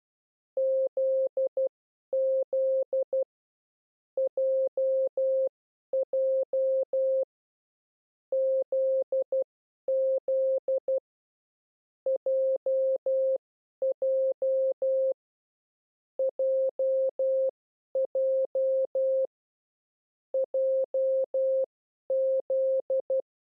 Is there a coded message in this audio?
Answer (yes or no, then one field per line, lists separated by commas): yes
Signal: Morse code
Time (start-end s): 0.6-23.2 s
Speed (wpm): 12 wpm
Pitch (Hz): 530 Hz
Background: none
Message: ZZ JJ ZZ JJ JJ JZ